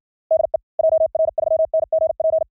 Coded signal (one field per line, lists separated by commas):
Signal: Morse code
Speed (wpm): 56 wpm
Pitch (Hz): 630 Hz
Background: none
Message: DE JR3NGP